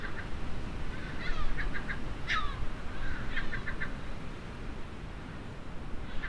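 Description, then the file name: Gull calls, fainter nasal notes in brief clusters with one sharp downslurred cry midway, against strong low-pitched rumbling background noise. "STC moewen"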